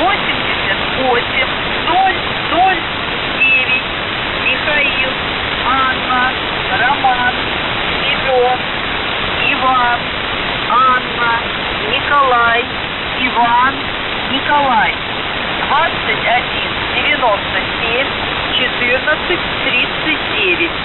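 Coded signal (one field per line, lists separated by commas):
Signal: coded military voice message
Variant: The Goose, Russian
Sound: a Russian voice reads number groups and spells a word in phonetic-alphabet names, over hiss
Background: radio static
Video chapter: 00:57 - Воздух Охват-98 88009 МАРСИАНИН 2197 1439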